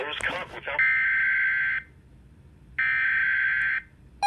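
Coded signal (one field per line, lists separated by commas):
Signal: Emergency Alert System (SAME) tones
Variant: header bursts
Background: speech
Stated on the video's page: Tornado warning received on NOAA Weather Radio and on AM/FM radio.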